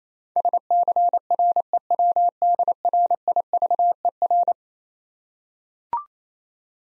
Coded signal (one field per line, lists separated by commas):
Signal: Morse code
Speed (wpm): 27 wpm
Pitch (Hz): 700 Hz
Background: none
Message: SCREWDRIVER